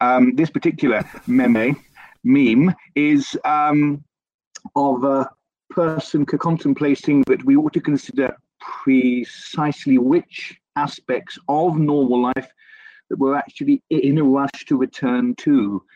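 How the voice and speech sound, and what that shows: An adult man talks with a stammer: stretched sounds, a repeated word and long filled pauses.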